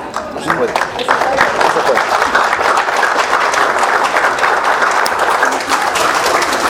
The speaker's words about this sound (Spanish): El ministro de gobierno fue aplaudido